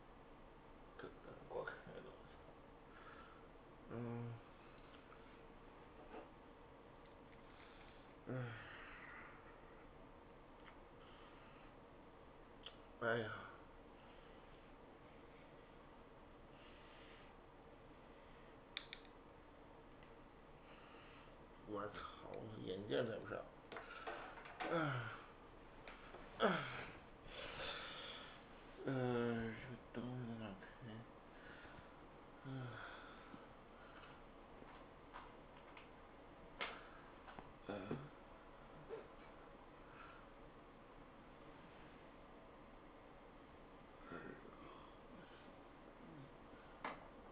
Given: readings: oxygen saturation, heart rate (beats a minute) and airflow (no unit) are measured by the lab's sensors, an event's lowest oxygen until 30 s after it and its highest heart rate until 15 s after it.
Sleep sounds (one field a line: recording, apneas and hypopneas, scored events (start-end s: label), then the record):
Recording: a person awake in a sleep study, by a voice recorder at the bedside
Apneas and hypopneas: none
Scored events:
0.00-47.32 s: awake
From the record:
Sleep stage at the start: awake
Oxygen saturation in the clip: 94 to 96%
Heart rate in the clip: 114 to 123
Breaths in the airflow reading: 13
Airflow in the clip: -17.3 to 20.7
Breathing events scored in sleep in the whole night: 403 in 5.5 hours asleep